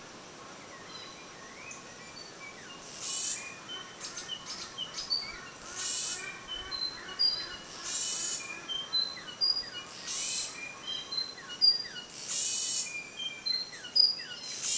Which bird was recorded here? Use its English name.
Forest Weaver